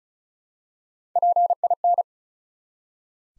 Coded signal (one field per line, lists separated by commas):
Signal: Morse code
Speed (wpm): 36 wpm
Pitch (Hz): 700 Hz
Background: none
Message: PIN